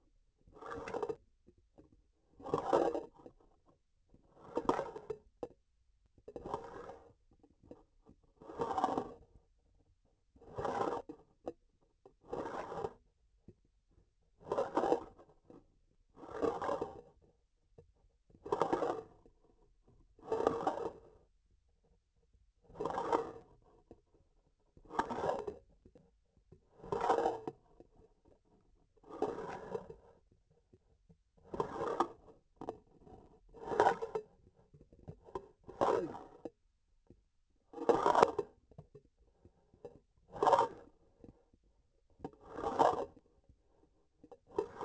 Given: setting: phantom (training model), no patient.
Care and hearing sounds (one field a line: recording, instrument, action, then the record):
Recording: laparoscopic instrument, vibration sensor on the handle end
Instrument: grasping forceps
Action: approaching and retracting movements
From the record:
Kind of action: spatial motion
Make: Olympus